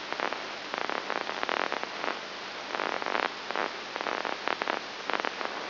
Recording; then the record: brain microelectrode recording played as sound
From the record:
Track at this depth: inside the subthalamic nucleus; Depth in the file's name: 2.503 mm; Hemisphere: left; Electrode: 3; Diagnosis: Parkinson's disease